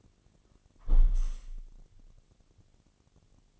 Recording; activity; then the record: daily activity, microphone in the room; close window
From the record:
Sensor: 4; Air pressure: 1001.2 hPa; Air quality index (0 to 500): 178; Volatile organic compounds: 2 ppm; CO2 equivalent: 1274 ppm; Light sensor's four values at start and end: 12/28/11/12 and 12/27/11/12